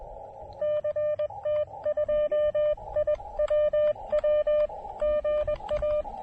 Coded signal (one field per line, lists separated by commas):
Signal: Morse code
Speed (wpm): 20 wpm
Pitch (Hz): 600 Hz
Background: none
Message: CT2IWW GA